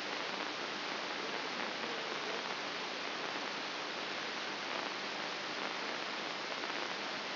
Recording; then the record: brain microelectrode recording played as sound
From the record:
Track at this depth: inside the subthalamic nucleus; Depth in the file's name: 3.502 mm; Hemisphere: left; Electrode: 3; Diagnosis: Parkinson's disease